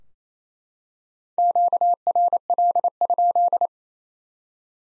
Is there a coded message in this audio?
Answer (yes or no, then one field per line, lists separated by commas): yes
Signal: Morse code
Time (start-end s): 1.4-3.7 s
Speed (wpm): 28 wpm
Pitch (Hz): 700 Hz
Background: none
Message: QRL?